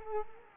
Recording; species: mosquito wingbeat signal from an infrared sensor; Culex quinquefasciatus